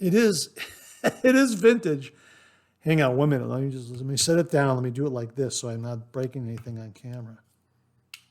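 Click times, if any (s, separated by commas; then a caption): 8.1 s. Someone talks while setting a vintage safety razor down, then presses a part into the razor handle. A single short, sharp click at 8.1 s follows a pause, as the part snaps and seats into place.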